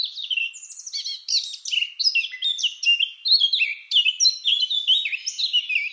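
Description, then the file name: Eurasian blackcap in full song, an unbroken fast warble of bright whistles and chattering notes jumping quickly between pitches. "Sylvia atricapilla"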